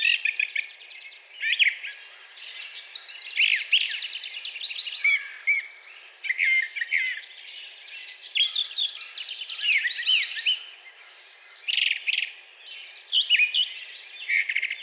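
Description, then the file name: Brown thrasher singing a long, varied medley of chirps, buzzy notes and whistled phrases, often given in quick pairs, in brief bursts separated by short gaps. Recorded on 4 June 2020. "2020-06-04 Brown Thrasher"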